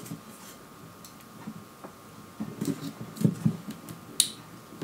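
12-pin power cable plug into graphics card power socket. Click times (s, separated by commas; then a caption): 4.2 s. A 12-pin power cable plug is pushed into the power socket of an MSI Ventus 3X 4080 Super graphics card. Soft handling noise builds through the clip, then a sharp, loud click at 4.2 s confirms the connector has seated.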